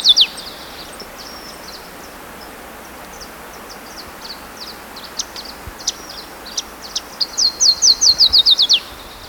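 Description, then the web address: Black-crested Warbler song: a series of thin high notes building into a rapid, even trill of short descending elements late, over steady background hiss. Recorded in Ecuador, South America. "Natures Songs S America Birds of Ecuador. Black-Crested Warbler"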